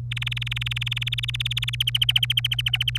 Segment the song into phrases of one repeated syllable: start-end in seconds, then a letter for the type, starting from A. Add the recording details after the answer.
0.11-1.75 A, 1.80-2.98 B. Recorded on 26 April 2018 at 11:48. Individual llb3